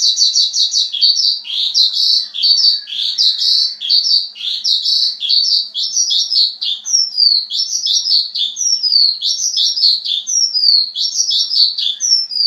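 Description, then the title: Javan bush lark song, rapid chirps and buzzy trills in quick phrases, some notes sliding downward, poured out steadily over twelve seconds. "Suara Burung Branjangan"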